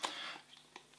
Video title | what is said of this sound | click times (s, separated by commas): Leica M6 buying guide. Main points to check when buying secondhand. | there's a little click very quiet little click | 0.0 s